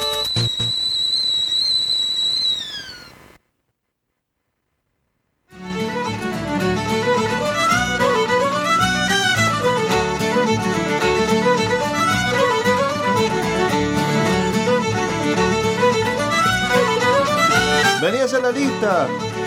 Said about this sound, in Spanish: Había que poner una música bastante alegre de cortina, así que qué mejor que una música irlandesa.